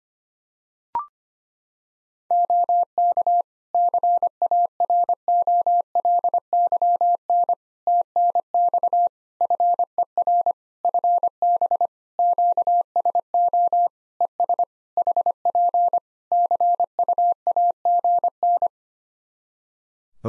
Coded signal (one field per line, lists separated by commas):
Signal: Morse code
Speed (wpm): 25 wpm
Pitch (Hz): 700 Hz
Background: none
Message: OK CAROLYN TNX FER FB QSO ES HP CUAGN